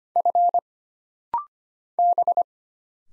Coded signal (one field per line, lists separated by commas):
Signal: Morse code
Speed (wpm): 25 wpm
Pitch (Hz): 700 Hz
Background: none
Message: F B